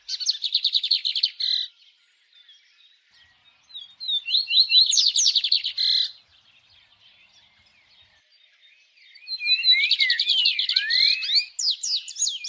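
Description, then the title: Birds singing in bursts: rapid buzzy trills and chirps for a couple of seconds, quiet gaps, then another lively twittering outburst. Birds singing at dawn. "Pássaros Cantando No Amanhecer"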